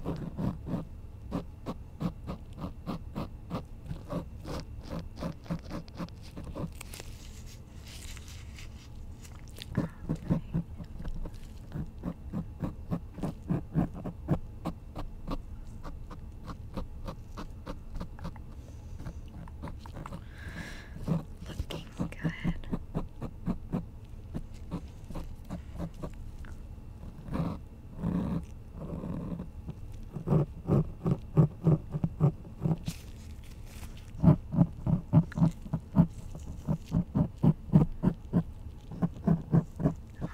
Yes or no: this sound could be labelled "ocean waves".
no